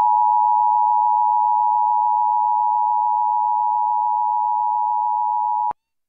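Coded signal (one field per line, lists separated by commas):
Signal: Emergency Alert System (SAME) tones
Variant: 853 and 960 Hz attention tone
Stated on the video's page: Required monthly tests from NWS Spokane for the Great Shakeout drill, heard on NOAA Weather Radio WXM48 via a Reecom R-1630 receiver, and relayed by FM and TV stations.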